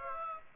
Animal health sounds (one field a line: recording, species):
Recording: mosquito wingbeat signal from an infrared sensor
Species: Aedes aegypti